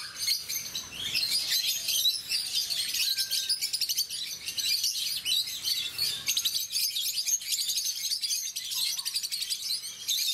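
Rosy-faced lovebird calls, steady high squeaky chatter with rapid repeated chirps running the whole time.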